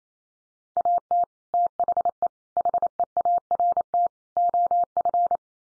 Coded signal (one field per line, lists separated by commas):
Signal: Morse code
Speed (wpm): 28 wpm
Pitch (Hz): 700 Hz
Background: none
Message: AT THE HEART OF